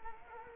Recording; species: mosquito wingbeat signal from an infrared sensor; Culex quinquefasciatus